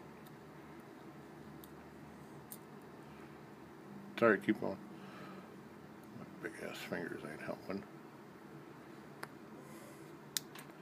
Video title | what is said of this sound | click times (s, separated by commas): S&W MP AR15-22 Extractor Replacement | snaps right back into place then | 10.4 s